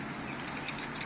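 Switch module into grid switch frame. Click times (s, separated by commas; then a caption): 0.7 s, 0.8 s. A switch module is pushed into a plastic grid-switch mounting frame until its lugs engage. It gives a sharp snap at 0.7 s and a second click at 0.8 s over steady background noise. The module is seated in the frame.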